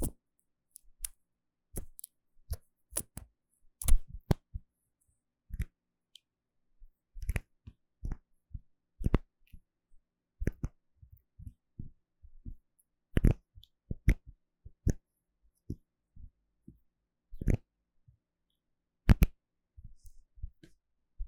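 Bottles, jars and caps being handled and tapped, with short sharp clicks and knocks scattered irregularly across the whole stretch. Some hits are bright and crisp, others are softer low thuds, arriving every second or so with brief silences between.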